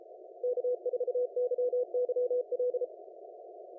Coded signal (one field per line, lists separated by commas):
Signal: Morse code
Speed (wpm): 32 wpm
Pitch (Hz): 500 Hz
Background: none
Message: K4YYL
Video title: 2022 02 09 CWT 1900Z